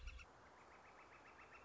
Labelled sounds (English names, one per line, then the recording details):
Northern Flicker
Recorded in Sonoma County, California